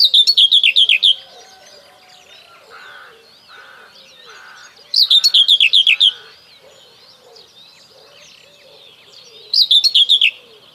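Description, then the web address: Common whitethroat repeating a fast, scratchy phrase three times, a few seconds apart, with other small birds sounding faintly between. "Kurs PTTK Kurs materiały 01 Przyroda Ptaki Cierniówka"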